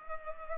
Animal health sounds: mosquito wingbeat signal from an infrared sensor; Culex pipiens

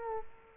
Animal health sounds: mosquito wingbeat signal from an infrared sensor; Culex quinquefasciatus

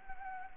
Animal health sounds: mosquito wingbeat signal from an infrared sensor; Anopheles gambiae

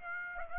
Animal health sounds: mosquito wingbeat signal from an infrared sensor; Aedes aegypti

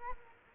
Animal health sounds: mosquito wingbeat signal from an infrared sensor; Culex quinquefasciatus

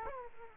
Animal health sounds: mosquito wingbeat signal from an infrared sensor; Aedes aegypti

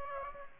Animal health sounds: mosquito wingbeat signal from an infrared sensor; Aedes aegypti

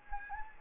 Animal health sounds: mosquito wingbeat signal from an infrared sensor; Anopheles gambiae

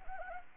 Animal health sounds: mosquito wingbeat signal from an infrared sensor; Anopheles arabiensis

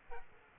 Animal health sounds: mosquito wingbeat signal from an infrared sensor; Aedes aegypti

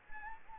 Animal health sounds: mosquito wingbeat signal from an infrared sensor; Anopheles arabiensis

